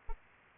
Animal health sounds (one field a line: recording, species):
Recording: mosquito wingbeat signal from an infrared sensor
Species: Aedes albopictus